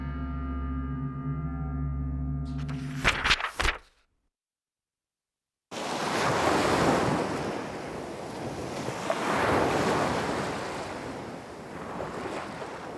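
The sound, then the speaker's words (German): After a low sustained droning tone and a brief silence, loud ocean surf rushes in, waves swelling and breaking in broad hissing surges, with no voices. “Ihr Kopf tauchte ein, zwei Male im Meeresschaum auf.”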